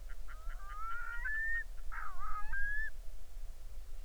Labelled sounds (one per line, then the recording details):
waterfowl
loon
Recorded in the Arctic National Wildlife Refuge, Alaska, on 20 July 2019 at 03:04
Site 38